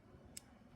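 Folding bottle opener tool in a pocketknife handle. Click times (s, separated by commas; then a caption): 0.4 s. A folding bottle opener and pry bar on a Benchmade Weekender slip-joint pocketknife with green Micarta scales, orange accent and black hardware is swung into position; it has no lock and is held only by a ball detent. Over a low background hum, a single sharp metallic click at 0.4 s marks the opener popping into place and seating in the detent.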